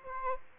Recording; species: mosquito wingbeat signal from an infrared sensor; Aedes aegypti